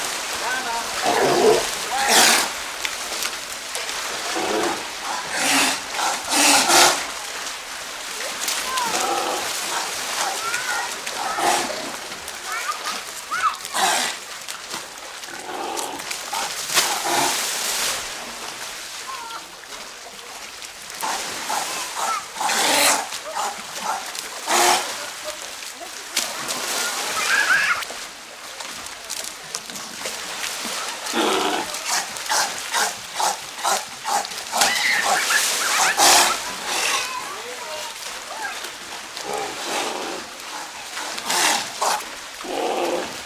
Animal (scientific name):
Otaria flavescens